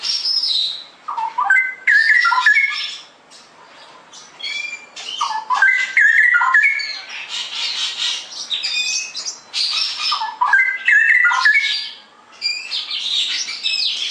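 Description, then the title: Straw-headed bulbul singing bursts of bubbling, warbled phrases mixed with rough, scratchy notes, separated by brief pauses. Caged-bird song-tutoring recording; Indonesian local name cucak rowo; song style described as ropel gacor, rapid continuous singing. "mster Mnuk. Masteran Burung CUCAK ROWO Kualitas Jernih. Cucak Rowo Ropel Gacor"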